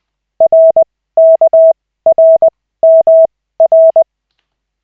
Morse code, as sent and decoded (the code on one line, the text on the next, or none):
.-. -.- .-. -- .-.
RKRMR